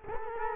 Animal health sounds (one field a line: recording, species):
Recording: mosquito wingbeat signal from an infrared sensor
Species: Culex quinquefasciatus